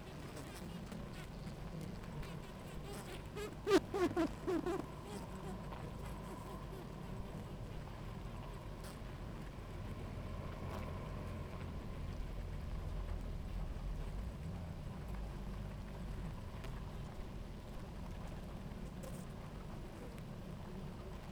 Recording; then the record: honeybee colony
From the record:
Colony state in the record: active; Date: 28 July 2017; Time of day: 17:42